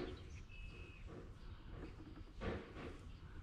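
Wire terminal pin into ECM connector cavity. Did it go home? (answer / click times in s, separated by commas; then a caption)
no / none. A wire terminal for an add-on switch is handled at the third cavity of a vehicle engine-computer connector, with a low rumbling background, a faint steady tone around 0.5 to 1.0 seconds, and a brief broadband rustle near 2.5 seconds. The terminal has not seated or clicked into the cavity yet.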